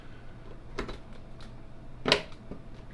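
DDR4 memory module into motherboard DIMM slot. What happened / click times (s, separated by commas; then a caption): The memory module snapped into its slot / 0.8 s, 2.1 s. A 16 GB DDR4 memory stick is pushed down evenly into a motherboard DIMM slot, giving two sharp clicks at about 0.8 s and 2.1 s, the second louder and brighter. The retention tab clicks shut and the RAM is seated in the slot.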